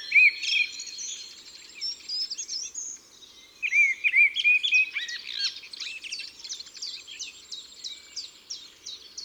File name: Merle noir Chants doiseaux des bois et des forets